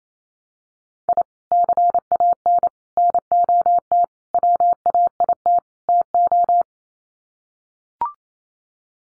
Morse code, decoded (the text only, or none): I CAN NOT WAIT TO